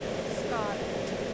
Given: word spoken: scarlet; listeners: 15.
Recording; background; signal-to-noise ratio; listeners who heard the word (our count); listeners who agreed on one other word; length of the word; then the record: one English word in noise, from a listening test; speech-shaped noise; -6.3 dB; 4 of 15; 6 of 15; 0.94 s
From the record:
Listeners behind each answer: 6, 4, 3, 1, 1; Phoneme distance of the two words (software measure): 24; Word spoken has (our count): 2 syllables, 6 phonemes, stress on syllable 1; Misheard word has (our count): 1 syllable, 4 phonemes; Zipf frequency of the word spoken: 3.56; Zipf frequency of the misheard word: 3.29